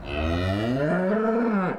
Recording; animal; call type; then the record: contact call of a hoofed animal; cattle; low-frequency (closed-mouth) or high-frequency (open-mouth) call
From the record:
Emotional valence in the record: negative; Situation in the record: full separation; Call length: 1.79 s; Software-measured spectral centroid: 1260 Hz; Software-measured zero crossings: 1180 a second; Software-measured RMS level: -24 dBFS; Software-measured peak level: -14 dBFS